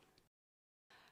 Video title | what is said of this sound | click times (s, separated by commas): Symterra Installation | note once the connector has made an audible click it is securely in place | 0.2 s